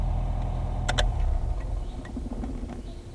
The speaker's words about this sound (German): Kurz darauf tauchten einige Häuser an der Landstraße auf. Arbogast nahm den Fuß vom Gas, blinkte und lenkte den Wagen auf den Parkplatz neben einem Gasthaus.